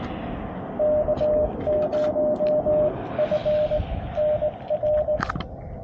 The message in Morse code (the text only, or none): K0FNR